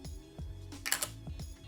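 After rosin is loaded into a rosin vaporizer module, its magnetic lid is put back on and snaps into place with a sharp click at 0.9 s. A steady tonal hum runs underneath, with a few other brief knocks before and after.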